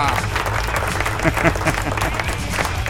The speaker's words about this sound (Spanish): Aplauso, ¿dónde están los aplausos? Aplauso, ¿dónde están? Aquí están los aplausos, ahí vienen los aplausos, ahí está, ahí está.